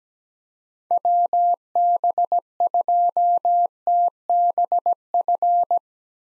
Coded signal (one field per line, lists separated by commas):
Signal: Morse code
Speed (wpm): 17 wpm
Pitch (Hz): 700 Hz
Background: none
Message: WB2TBF